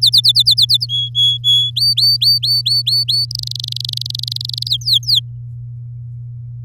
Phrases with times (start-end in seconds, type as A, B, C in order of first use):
0.02-0.86 A, 0.89-1.71 B, 1.76-3.25 C, 3.31-4.69 D, 4.70-5.20 E